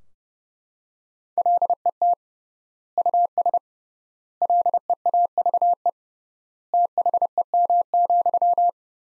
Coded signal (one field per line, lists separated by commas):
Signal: Morse code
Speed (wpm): 30 wpm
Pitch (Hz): 700 Hz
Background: none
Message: LET US LEAVE THEM,